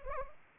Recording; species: mosquito wingbeat signal from an infrared sensor; Anopheles arabiensis